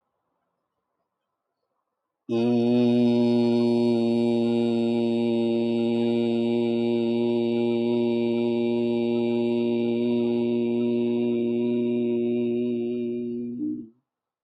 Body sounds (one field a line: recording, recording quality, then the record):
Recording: sustained vowel as in beet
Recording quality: excellent, no background noise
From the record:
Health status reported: healthy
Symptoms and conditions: none ticked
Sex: male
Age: 47 years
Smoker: not ticked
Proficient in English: yes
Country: India